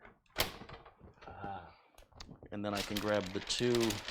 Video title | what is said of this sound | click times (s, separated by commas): Streaming PC Upgrade! Ryzen 3900X, RTX 2070 , 970 Evo Plus NVMe SSD | there it is see it just seated and now I can push it and we should hear it click when it locks in | 0.4 s